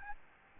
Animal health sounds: mosquito wingbeat signal from an infrared sensor; Aedes albopictus

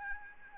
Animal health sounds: mosquito wingbeat signal from an infrared sensor; Aedes albopictus

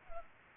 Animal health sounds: mosquito wingbeat signal from an infrared sensor; Culex pipiens

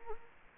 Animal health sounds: mosquito wingbeat signal from an infrared sensor; Anopheles gambiae

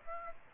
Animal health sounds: mosquito wingbeat signal from an infrared sensor; Aedes aegypti

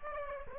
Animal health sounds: mosquito wingbeat signal from an infrared sensor; Aedes aegypti

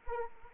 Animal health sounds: mosquito wingbeat signal from an infrared sensor; Anopheles arabiensis

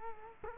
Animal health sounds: mosquito wingbeat signal from an infrared sensor; Culex quinquefasciatus

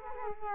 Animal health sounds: mosquito wingbeat signal from an infrared sensor; Culex quinquefasciatus

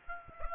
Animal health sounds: mosquito wingbeat signal from an infrared sensor; Aedes aegypti

